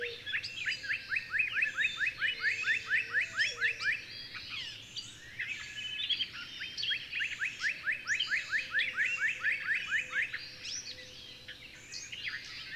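Bird song in long, quick series of upslurred chips over a busy chorus of other birds, with a low wavering whistle at times.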